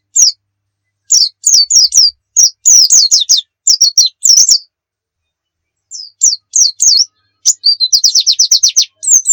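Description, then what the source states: White-eye song: bursts of high, sharp downslurred chirps, with a fast rattling series of repeated notes near the end. Pleci of the Muria type, recorded as a masteran, a tutor recording of song for cage birds.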